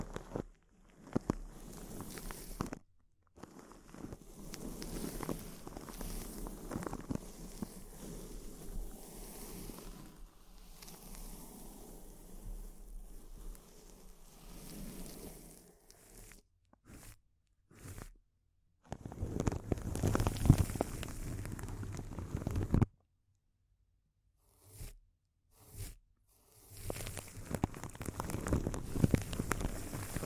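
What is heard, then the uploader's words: Close-up crinkling fills most of the clip, a dense, dry crackle of many tiny snaps, sometimes thicker and louder, with heavier bursts near 20 and 28 seconds. It stops abruptly several times, leaving full silences around 3, 17–19 and 23–25 seconds. ASMR Intense Close-Up Crinkles (No Talking).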